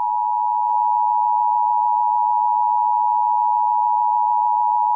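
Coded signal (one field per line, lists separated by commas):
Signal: Emergency Alert System (SAME) tones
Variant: 853 and 960 Hz attention tone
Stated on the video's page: Fictional asteroid alert scenario; simulated tones, not real.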